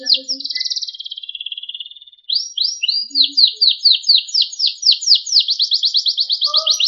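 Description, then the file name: Canary song: a drawn-out buzzy phrase, a brief pause, then sweeping notes that quicken into a fast, steady high trill. Sekar Jagad variety of canary. "kenari sekar jagad"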